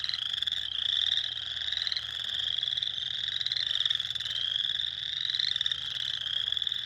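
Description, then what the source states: Spring peepers peeping en masse, bright rising whistles overlapping into a constant high ringing, with a brief lower sliding note near the end. Recorded on 2021-04-06.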